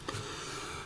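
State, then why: Not seated. An aftermarket pistol safety lever is being wedged so its small tooth goes into its space in the pistol frame, giving a brief sharp contact sound at about 0.1 s followed by low handling noise. The tooth fails to catch, and nothing has seated or clicked yet.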